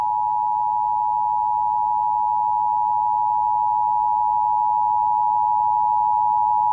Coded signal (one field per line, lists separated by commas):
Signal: Emergency Alert System (SAME) tones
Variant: 853 and 960 Hz attention tone